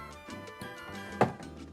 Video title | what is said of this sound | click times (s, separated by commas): UGEE FunBox Review – The Best Kid-Friendly 3D Printer of 2026? | And it has a positive click to let you know when it's actually seated. | 1.2 s